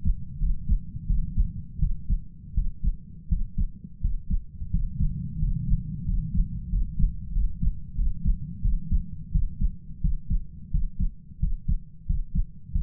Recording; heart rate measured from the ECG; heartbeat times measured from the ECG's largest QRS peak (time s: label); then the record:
heart sounds by stethoscope; 88 bpm
0.39 s: heartbeat
1.07 s: heartbeat
1.79 s: heartbeat
2.54 s: heartbeat
3.28 s: heartbeat
4.01 s: heartbeat
4.70 s: heartbeat
5.39 s: heartbeat
6.05 s: heartbeat
6.69 s: heartbeat
7.32 s: heartbeat
7.95 s: heartbeat
8.62 s: heartbeat
9.31 s: heartbeat
10.01 s: heartbeat
10.71 s: heartbeat
11.39 s: heartbeat
12.06 s: heartbeat
12.72 s: heartbeat
From the record:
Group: healthy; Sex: male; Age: 33 years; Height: 179 cm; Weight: 80.4 kg